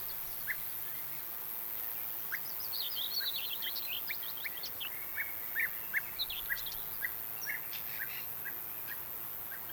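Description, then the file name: European bee-eater calls, many short liquid notes from several birds, with higher chattering notes over a constant hiss. "bienenfresser"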